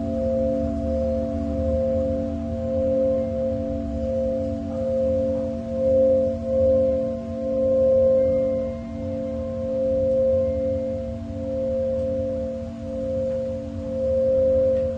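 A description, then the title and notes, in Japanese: A Tibetan singing bowl rings on in a long, unbroken hum, with a bright steady tone sitting above a deep, rumbling drone. The sound swells and wavers gently every second or two as the pitch beats slowly, never stopping across the whole stretch. 真夜中のシンギングボウルのサウンドヒーリング。チベタンシンギングボウルのサウンドヒーリングLiveのアーカイブです。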